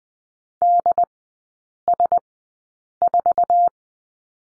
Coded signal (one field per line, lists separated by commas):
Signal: Morse code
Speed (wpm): 20 wpm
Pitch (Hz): 700 Hz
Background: none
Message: DS4